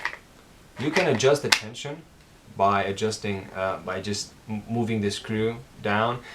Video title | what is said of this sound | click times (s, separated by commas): ESEE 4 - First Impressions | it is kidex and it is great snaps into place and | 0.1 s